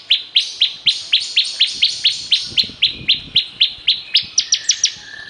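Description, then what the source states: Bar-winged prinia song: a steady run of clear chirped notes, ending in a few higher quick notes. Singing vigorously ('gacor').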